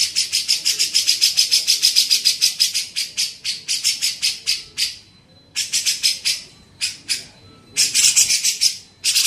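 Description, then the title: Grey-cheeked bulbul chatter: a fast run of harsh, buzzy bursts, about three per second, broken by a few short pauses. Masteran training recording used to tutor songbirds. "MASTERAN CUCAK JENGGOT"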